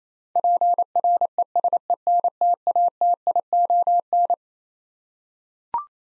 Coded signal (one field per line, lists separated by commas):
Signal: Morse code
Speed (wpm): 27 wpm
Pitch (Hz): 700 Hz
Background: none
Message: PRESENTATION